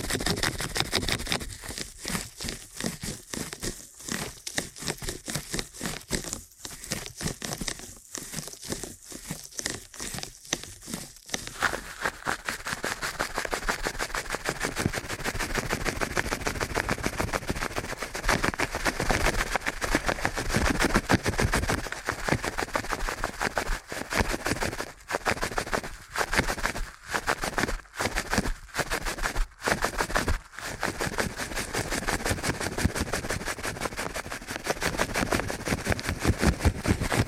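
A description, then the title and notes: Rapid, dense ear-cleaning scratches and crackles run nonstop, growing fuller and rougher after about eleven seconds, with brief sharp dropouts near the end. ASMR Ear Cleaning at Helicopter Speed.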